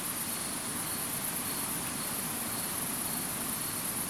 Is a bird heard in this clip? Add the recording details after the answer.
no. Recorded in France